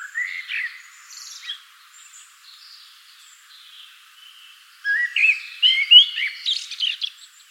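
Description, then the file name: Common blackbird song: a brief warbled note at the start, a long pause, then a rich fluty phrase closing with scratchy high twitters. "Turdus merula"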